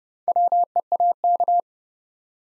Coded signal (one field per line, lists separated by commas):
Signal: Morse code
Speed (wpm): 28 wpm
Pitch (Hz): 700 Hz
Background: none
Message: WEAK